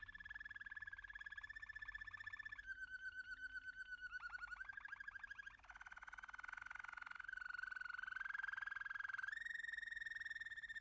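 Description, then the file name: American canary song: continuous rolling trills, each sustained for a few seconds, dipping and rising in pitch through several tour changes. "canto do canario americano"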